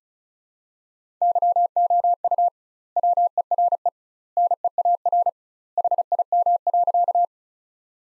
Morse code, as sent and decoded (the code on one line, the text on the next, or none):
-.-- --- ..- / .-- . .-. . / -. . .- .-. / .... .. -- .-.-.-
YOU WERE NEAR HIM.